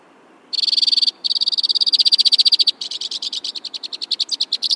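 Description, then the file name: White-winged crossbill song starting with a buzzy rapid trill, a tiny pause, then rolling trills that slow into separate, well-spaced notes. "suara-kicauan-burung-white-winged-crossbill 3-omkicau"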